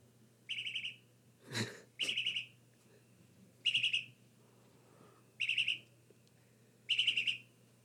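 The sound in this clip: Northern mockingbird song: several rasping, buzzy phrases with pauses between, a sharp click early on, and a low hum underneath.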